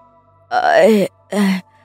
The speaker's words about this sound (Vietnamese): Cô ta vừa đi vừa ngáp, cất cái giọng ngái ngủ của mình, nhìn mẹ chồng rồi hỏi.